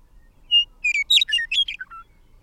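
Bird song: one clear whistled note, then a quick run of bright, chattering, varied notes sweeping high and low, ending in two lower falling notes; quiet background.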